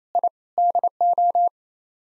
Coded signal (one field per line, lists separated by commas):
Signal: Morse code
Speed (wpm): 27 wpm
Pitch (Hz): 700 Hz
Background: none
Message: I DO